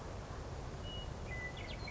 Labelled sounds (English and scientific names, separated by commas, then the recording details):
Western Meadowlark (Sturnella neglecta)
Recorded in Sonoma County, California